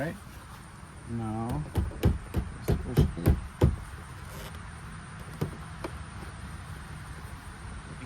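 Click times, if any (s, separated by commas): 2.0 s, 2.7 s, 3.0 s, 3.3 s, 3.6 s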